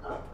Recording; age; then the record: pig call; growing-finishing pig (85 days or more)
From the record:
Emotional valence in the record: positive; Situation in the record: run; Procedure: transit